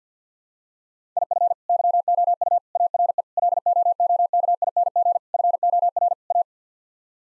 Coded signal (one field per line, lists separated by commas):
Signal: Morse code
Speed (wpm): 50 wpm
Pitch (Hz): 700 Hz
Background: none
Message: IF YOU ARE LOOKING FOR A